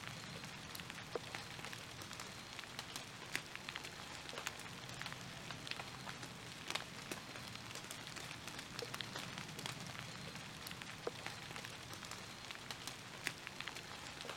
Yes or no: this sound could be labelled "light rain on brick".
yes